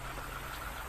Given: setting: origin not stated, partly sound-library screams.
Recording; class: one-second piece from a danger detection set; normal situation